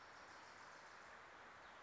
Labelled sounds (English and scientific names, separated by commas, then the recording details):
Wilson's Warbler (Cardellina pusilla)
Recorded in Sonoma County, California